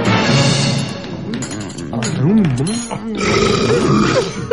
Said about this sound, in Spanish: ¿Es un concurso, abuelo? La primera palabra que me enseñó el abuelo era un eructo. ¿Te acuerdas, abuelo?